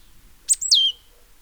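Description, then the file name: Great tit giving a brief high call: a sharp note followed by a descending whistled slur, in a quiet background. "Parus major"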